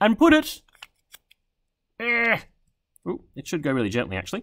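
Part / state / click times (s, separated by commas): microcontroller board into motor driver board edge connector / not seated / none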